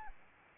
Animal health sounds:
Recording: mosquito wingbeat signal from an infrared sensor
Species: Anopheles arabiensis

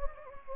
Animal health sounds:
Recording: mosquito wingbeat signal from an infrared sensor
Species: Anopheles gambiae

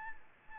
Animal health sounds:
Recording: mosquito wingbeat signal from an infrared sensor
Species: Anopheles gambiae

